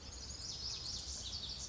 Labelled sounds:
Lazuli Bunting
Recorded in Sonoma County, California

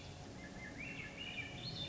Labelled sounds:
Swainson's Thrush
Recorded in Sonoma County, California

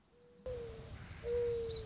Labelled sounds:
Mourning Dove
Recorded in Sonoma County, California

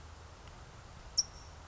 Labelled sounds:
California Towhee
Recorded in Sonoma County, California

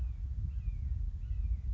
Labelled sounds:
Red-shouldered Hawk
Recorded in Sonoma County, California

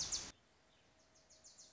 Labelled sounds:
Wilson's Warbler
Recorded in Sonoma County, California

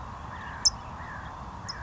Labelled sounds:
California Towhee
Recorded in Sonoma County, California

